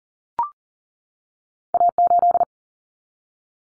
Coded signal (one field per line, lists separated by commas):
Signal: Morse code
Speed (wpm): 40 wpm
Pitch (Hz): 700 Hz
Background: none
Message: A8